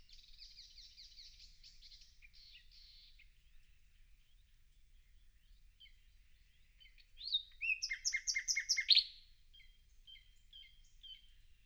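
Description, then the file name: Common nightingale song: a soft run of quick repeated notes, a pause, then a loud rattling trill of fast repeated notes and a few closing chips. "Luscinia megarhynchos"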